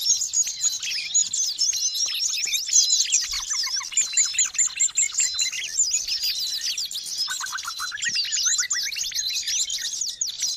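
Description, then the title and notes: Birds twittering in a dense high chorus, with a short series of lower descending chirps near the end. Long-duration sound of noisy, chattering birds, used for bird training and as a lure for trapping. "Master Burung Ribut Durasi Panjang. Burung Ribut Pikat"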